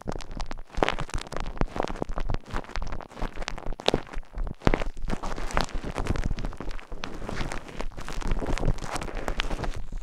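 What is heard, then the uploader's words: Dense wet rubbing and scratching of lotion on the ears, with constant crackly friction, brief pauses near two and five seconds. ASMR Ear Massage with Lotion Ear Scratching - Deep Ear Cleaning Asmr No Talking.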